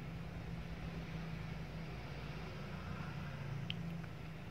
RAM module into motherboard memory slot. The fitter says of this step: chip terus kita tekan pada saat ee ada suara klik berarti ram-nya sudah terpasang